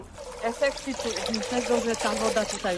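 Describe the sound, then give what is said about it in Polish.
Water is poured into a small toy gutter, a steady, bright trickling and splashing that runs for a few seconds while voices talk over it. “A jak nalejemy do tej rynienki, to jaki odgłos?”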